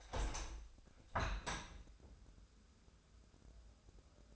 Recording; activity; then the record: daily activity, microphone in the room; open window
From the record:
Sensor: 2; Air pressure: 1014.8 hPa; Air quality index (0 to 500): 28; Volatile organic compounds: 1 ppm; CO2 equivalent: 518 ppm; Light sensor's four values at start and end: 8/19/8/8 and 8/19/8/8